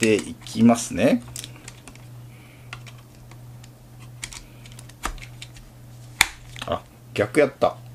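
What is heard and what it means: A DDR5 memory stick is handled at a motherboard DIMM slot while someone talks, with several sharp taps and knocks, the loudest near 6.2 s, over a steady low hum. The module has not seated or clicked into the slot yet; the clip ends before the retention latch snaps shut.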